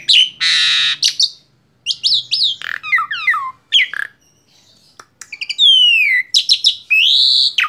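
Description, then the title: Asian pied starling song: a harsh buzzy blast, then quick falling whistles and chatter, a short lull, and long sweeping descending and rising whistles. Masteran recording, a training track played to caged birds so they learn the song. "Masteran Jalak Suren"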